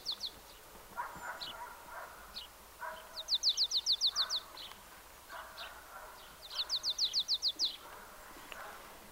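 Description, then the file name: Marsh tit calls: two rapid runs of several sharp, high, down-slurred notes, with scattered lower notes around them. "Poecile palustris"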